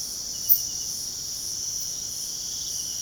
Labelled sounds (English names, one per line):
none